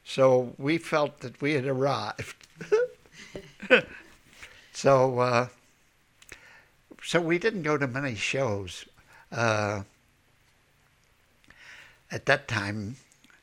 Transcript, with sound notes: So we felt that we had arrived. ( they laugh ) So we didn't go to many shows. At that time